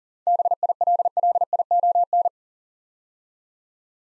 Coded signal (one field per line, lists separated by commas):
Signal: Morse code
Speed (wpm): 40 wpm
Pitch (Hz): 700 Hz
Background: none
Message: BILLION